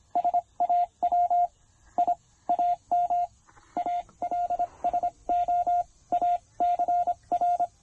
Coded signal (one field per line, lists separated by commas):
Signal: Morse code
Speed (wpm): 23 wpm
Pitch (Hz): 690 Hz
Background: radio noise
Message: SAW I AM ALSO ACR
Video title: Brilliant Trailside POTA with the TR-45L and PackTenna Random Wire at Lake Norman State Park!